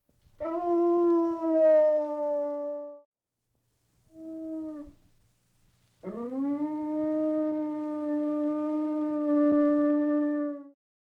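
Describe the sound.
Hound dog howling and baying in long, drawn-out tonal wails: one held for about three seconds, a short one after a pause, then a final wail lasting nearly five seconds.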